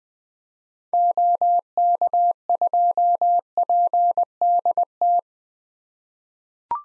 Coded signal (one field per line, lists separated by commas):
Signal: Morse code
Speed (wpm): 20 wpm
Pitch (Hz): 700 Hz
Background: none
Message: OK2PDT